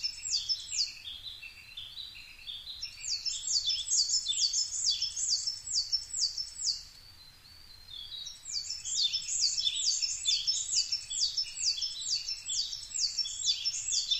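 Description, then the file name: Coal tit song, bright high two-note phrases repeated quickly in long runs with one brief pause. Recorded 22 May 2010 at 17:33. "higara-20100522-1733"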